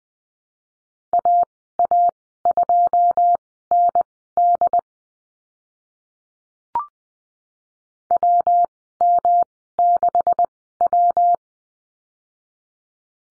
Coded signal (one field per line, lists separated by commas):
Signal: Morse code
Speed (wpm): 20 wpm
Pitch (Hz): 700 Hz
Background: none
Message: AA2ND WM6W